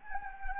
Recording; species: mosquito wingbeat signal from an infrared sensor; Anopheles gambiae